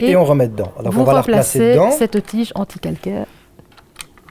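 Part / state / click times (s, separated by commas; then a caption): anti-scale rod into steam iron water tank opening / seated / 4.0 s. Someone talks while a plastic anti-scale rod, after soaking, is put back into its hole in the water tank opening of a steam iron. As the speech ends, a few small handling taps follow, and the rod is pressed down until it locks with a small click at 4.0 s, seating it in place.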